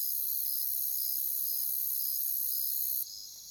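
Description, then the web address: Crickets chirping in short high pulses about twice a second over a steady high hiss that drops near the end. "Natures Songs Sleep Sounds of Nature CRICKETS Crickets"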